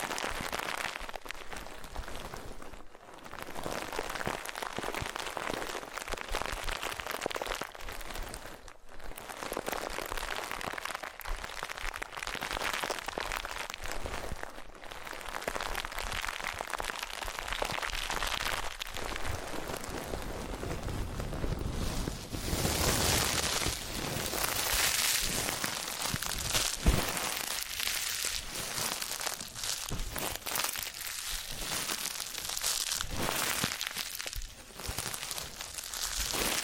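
Steady rubbing and crinkling sounds from a massage and ear cleaning, dense and textured throughout with short pauses around 3, 9 and 15 seconds. From about 22 seconds the scratching turns brighter and hissier, like rain on a surface, then eases back.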